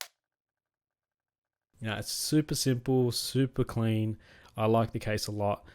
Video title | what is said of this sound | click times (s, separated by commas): Taotronics Sound Liberty 94 First Look | indicators in the front and that nice satisfying click i think that everyone looks for | 0.0 s